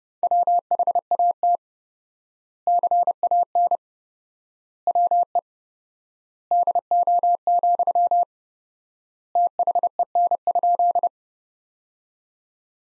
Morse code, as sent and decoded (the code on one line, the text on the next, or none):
.-- .... .- - / -.-. .- -. / .-- . / -.. --- --..-- / - .... . -. ..--..
WHAT CAN WE DO, THEN?